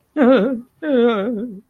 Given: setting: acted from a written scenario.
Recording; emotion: vocal sound without words; distress